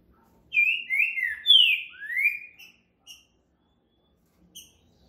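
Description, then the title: Green-winged saltator song: a phrase of several slurred whistles, mostly falling, followed by two short chips. Recording used to train caged birds for singing contests; rare song type called curricutil boi boca mole. "TRINCA Piando, Cantando E Macheando Na DISPUTA. CANTO RARO!! TRINCA FERRO CURRICUTIL BOI BOCA MOLE!"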